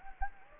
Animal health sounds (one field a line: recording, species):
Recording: mosquito wingbeat signal from an infrared sensor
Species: Anopheles gambiae